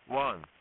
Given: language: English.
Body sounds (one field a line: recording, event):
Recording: throat vibration sensor signal played as sound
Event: speech